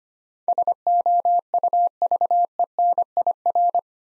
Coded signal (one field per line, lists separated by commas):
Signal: Morse code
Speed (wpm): 25 wpm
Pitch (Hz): 700 Hz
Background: none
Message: SOUVENIR